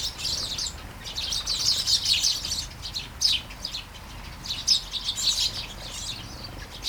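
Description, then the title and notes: Sparrow flock giving rapid, overlapping high chirps in clustered bursts, with brief quieter gaps between, over a soft constant background noise. Flying sparrows in a garden in Taastrup, Denmark, early morning during a light shower; recorded on a Sony PCM-D100 with internal microphones. "Kærengen 8, 2630 Taastrup, Denmark - Flying sparrows. Flying sparrows in the garden, early morning. Light shower. Vols de moineaux dans le jardin, au petit matin. Pluie fine"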